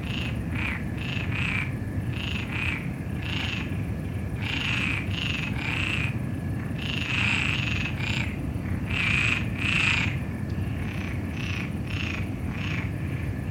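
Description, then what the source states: Frogs giving short raspy croaking calls in irregular bursts over a steady low rumble and a faint high insect trill. Recorded together with crickets.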